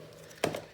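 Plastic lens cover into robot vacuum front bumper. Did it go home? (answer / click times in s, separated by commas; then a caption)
yes / 0.4 s. A plastic lens cover on the front bumper of a Shark Ion 761_N robot vacuum is pressed back into place. A single sharp snap sounds at 0.4 s over quiet background, with a short ringing tail. The cover clips down and seats into the bumper.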